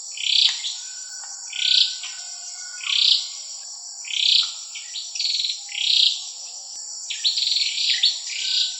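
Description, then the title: Oriental magpie-robin song: rising whistled notes repeated about once a second, then a denser run of phrases, all over a constant high whine. "Kicau Kacer"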